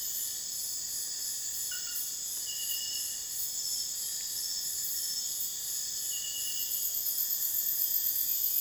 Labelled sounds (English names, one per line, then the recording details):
none
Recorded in dense forest near Puerto Asís, Putumayo, Colombia, on 24 June 2025 at 02:30
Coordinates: 0.484, -76.325
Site H65